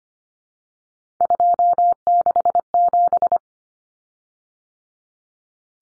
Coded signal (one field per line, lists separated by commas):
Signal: Morse code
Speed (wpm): 25 wpm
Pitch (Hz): 700 Hz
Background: none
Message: 267